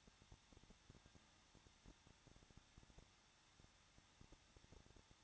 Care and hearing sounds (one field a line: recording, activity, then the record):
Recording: daily activity, microphone in the room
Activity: no activity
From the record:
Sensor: 3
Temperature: 21.2 degrees Celsius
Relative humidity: 36.3%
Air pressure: 1006.3 hPa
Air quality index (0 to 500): 222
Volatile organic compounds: 41 ppm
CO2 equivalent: 3171 ppm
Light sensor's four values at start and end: 2/3/2/2 and 2/3/2/2